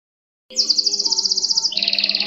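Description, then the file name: Canary song: after a brief silence, a rapid, even high trill of rolling notes that shifts midway to a slightly lower trill. "kenari robin hood. omkicau"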